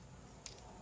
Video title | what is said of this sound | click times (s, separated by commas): Lemon Tree LT-01大黃蜂電影 外傳柯博文 Lemon Prime Optimus Prime | OK啦硬扣把它扣上了，扣上之後就是這個樣子來變他的腳掌 | 0.5 s